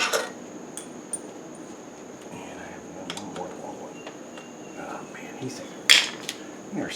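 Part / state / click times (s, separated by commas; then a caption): small steel screw in a motorcycle engine case cover / stripped / 5.9 s. A screwdriver works a small steel screw out of the engine case cover on the clutch side of a 1965 Campus 60 vintage motorcycle while the old screws are being removed, with faint ticks and light metallic taps around 0.8 s, 1.1 s and 3.1 s as someone talks. At 5.9 s a sharp, loud slip-like hit is heard as the screwdriver slips and the screw head strips out, leaving the screw stripped and needing replacement screws.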